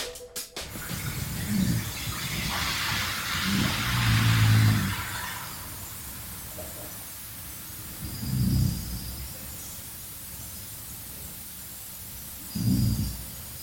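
Faint, low rumbling snores every few seconds from a sleeping puppy named Archie, recorded in the morning, over steady background hiss.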